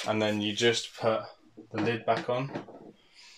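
A plastic lid is being handled back onto the resin wash tank of an ANYCUBIC Wash & Cure Station while someone talks throughout. The clip ends before the lid goes home, so nothing has seated or clicked yet.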